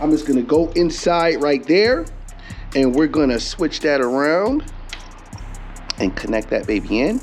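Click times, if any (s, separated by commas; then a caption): none. Someone talks over background music while handling the 4-pin wiring connector of a Custom Dynamics LED windshield trim light, bringing it to the motorcycle fairing harness on a Harley-Davidson Road Glide. The connector has not snapped together yet, and nothing has seated or clicked by the end of the clip.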